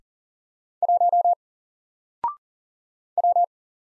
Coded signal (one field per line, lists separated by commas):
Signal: Morse code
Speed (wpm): 40 wpm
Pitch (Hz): 700 Hz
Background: none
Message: 1 W